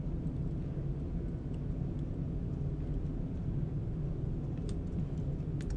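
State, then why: Not seated. A ribbon cable or connector is pushed into its socket on the board of a Game Boy Advance SP being modded into a Pokédex; it goes in fairly well but does not click into place. A steady low rumble runs throughout, with two brief faint ticks near 4.7 s and 5.6 s. Nothing has seated or clicked yet.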